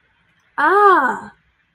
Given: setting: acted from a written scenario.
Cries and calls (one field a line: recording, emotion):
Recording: vocal sound without words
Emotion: realization